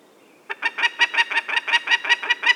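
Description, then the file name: Peregrine falcon bursting abruptly into a rapid run of harsh cackles, about a dozen loud grating notes within two seconds. "vandorsolyom hangja"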